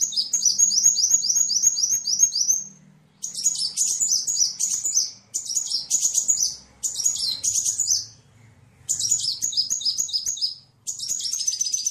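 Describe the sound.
Bird delivering a dense, chattering high song of rapidly repeated slurred notes, about four per second, in long runs with short gaps; a soft low hum below.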